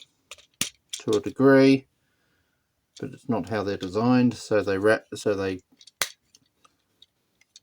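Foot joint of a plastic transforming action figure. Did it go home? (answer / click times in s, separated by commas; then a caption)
yes / 6.0 s. Someone talks while moving the foot joint of a plastic Transformers Legacy Armada Megatron transforming action figure into its set position, with a few light clicks near the start. At 6.0 s the foot locks into position with a single sharp click, and it is seated.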